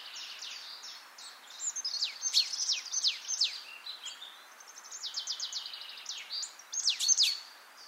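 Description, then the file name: Marsh tit calls, a busy run of sharp, high descending notes and short chattering bursts that keep overlapping throughout, with a soft background hiss. "Poecile palustris"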